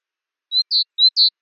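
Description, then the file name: Great tit call: two pairs of short, high, clear notes, each a thin note followed by a fuller one, with the start of another note at the end. "Parus major"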